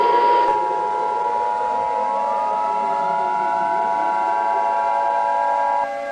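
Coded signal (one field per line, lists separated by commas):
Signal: Emergency Alert System (SAME) tones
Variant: 853 and 960 Hz attention tone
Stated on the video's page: Fictional alien invasion EAS scenario remake using valid SAME tones.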